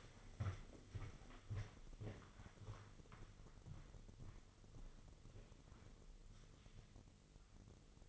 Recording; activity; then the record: daily activity, microphone in the room; walk to room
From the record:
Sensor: 4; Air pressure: 996.3 hPa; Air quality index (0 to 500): 77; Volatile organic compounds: 3 ppm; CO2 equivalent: 1454 ppm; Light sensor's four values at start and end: 18/50/19/21 and 19/52/20/21